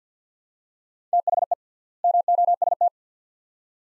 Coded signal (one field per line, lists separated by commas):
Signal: Morse code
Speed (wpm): 50 wpm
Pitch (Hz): 700 Hz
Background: none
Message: THE MOST